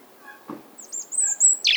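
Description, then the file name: European robin giving very high, thin whistled notes that waver and end in a brief burst of sound. "Erithacus rubecula"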